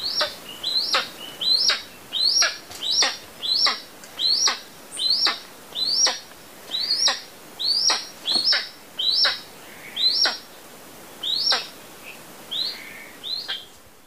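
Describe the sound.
Sickle-winged guan giving a run of many high, sharp notes, each with a quick downward stroke, the spacing widening toward the end.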